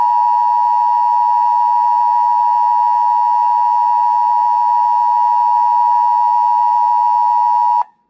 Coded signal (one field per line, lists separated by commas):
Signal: Emergency Alert System (SAME) tones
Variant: 853 and 960 Hz attention tone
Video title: TFT DEBUT - EAS Alerts from 2/27-3/1/26 (New EAS 965-973)